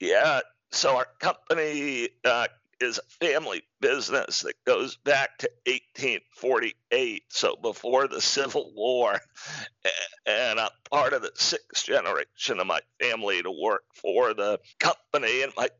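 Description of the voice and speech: Adult male speaker with spasmodic dysphonia, a rare neurological speaking disorder that makes communicating difficult; a little of that difficulty is audible in his connected speech.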